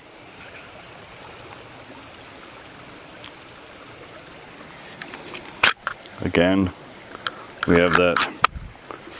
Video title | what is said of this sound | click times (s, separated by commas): JX Tactical Low Rider OWB Review. Fat Guys Welcome. | nice positive click | 8.4 s